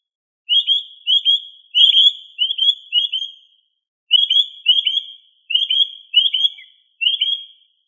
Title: manok ostrali